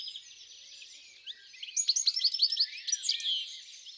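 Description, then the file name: European greenfinch twittering song: soft chatter over background hiss, then a brighter series of sharp, repeated chirping notes. In the countryside. "Verdier-d Europe-Chants-doiseaux-dans-la-campagne"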